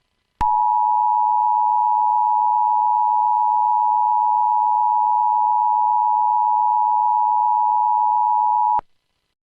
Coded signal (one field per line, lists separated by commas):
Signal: Emergency Alert System (SAME) tones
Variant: 853 and 960 Hz attention tone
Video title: EAS Scenario #1: Sadist Perm